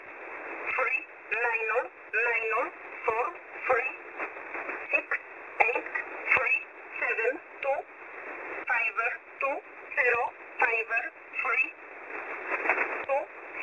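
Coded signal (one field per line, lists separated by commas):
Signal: numbers station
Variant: E11 (Oblique)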